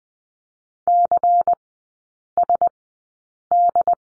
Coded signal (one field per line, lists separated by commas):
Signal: Morse code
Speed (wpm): 20 wpm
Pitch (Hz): 700 Hz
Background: none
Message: CSD